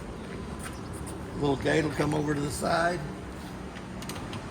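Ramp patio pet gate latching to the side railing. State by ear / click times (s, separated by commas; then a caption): seated / 4.1 s. On the ramp patio of a 2026 Forest River Salem Platinum FSX 270RTKX toy hauler, the small pet gate is swung over to the side and latched to the side railing, so pets or kids can't get out. Someone talks, then a single short click at 4.1 s marks the gate locking in place.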